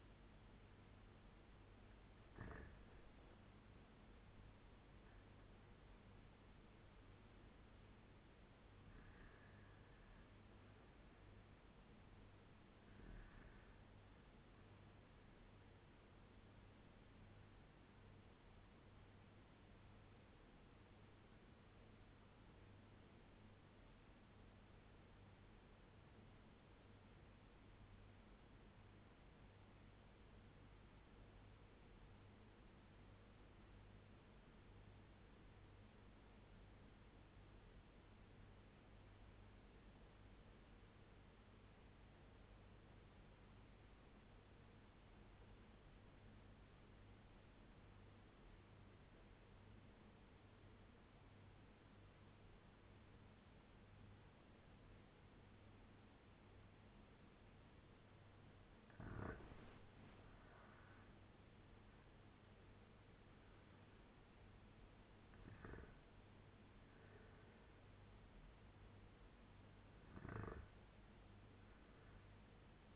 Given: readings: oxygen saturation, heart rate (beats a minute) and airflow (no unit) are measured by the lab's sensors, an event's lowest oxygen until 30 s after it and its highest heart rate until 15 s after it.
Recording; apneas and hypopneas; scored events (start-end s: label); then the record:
breathing in sleep by a voice recorder at the bedside; 1
22.00-59.80 s: obstructive apnea (REM, oxygen 97% highest, then 86% lowest, heart rate 82 at the start, 93 highest)
From the record:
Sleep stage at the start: REM sleep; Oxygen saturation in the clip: 86 to 97%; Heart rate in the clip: 78 to 93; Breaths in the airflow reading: 8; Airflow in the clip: -7.9 to 6.2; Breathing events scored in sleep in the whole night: 201 in 6.5 hours asleep